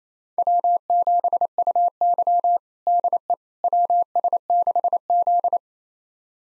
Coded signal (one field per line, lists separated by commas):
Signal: Morse code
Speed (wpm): 28 wpm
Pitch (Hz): 700 Hz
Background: none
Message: W7UY DE WS6Z